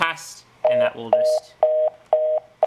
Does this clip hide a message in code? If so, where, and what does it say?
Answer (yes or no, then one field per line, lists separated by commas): no